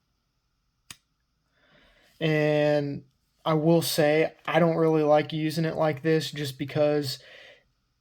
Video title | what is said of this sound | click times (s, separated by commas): Boker MPP Tactical Pen | kind of Clicks in you can kind of hear that click | 0.9 s